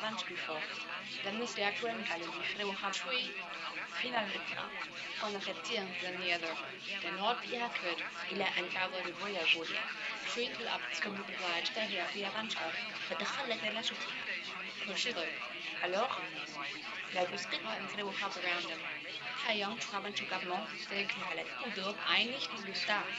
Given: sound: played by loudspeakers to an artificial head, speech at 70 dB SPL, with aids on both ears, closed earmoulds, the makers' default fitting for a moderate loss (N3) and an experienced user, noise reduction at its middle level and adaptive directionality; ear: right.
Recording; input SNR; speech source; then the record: speech test signal (ISTS) in cocktail-party noise; 0 dB; in front (0 degrees)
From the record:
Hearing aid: class 1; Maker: F